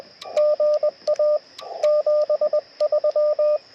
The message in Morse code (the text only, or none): GA 73